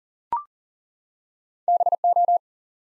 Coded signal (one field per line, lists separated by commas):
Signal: Morse code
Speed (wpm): 38 wpm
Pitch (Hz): 700 Hz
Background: none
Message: BO